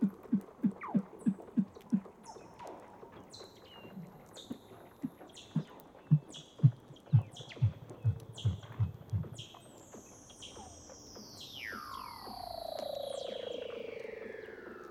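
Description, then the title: Weddell seal underwater calls: a train of low knocking pulses with high falling chirps, then long swooping descending whistles fading downward. "Douglas Quin - Weddell Seals (Underwater)"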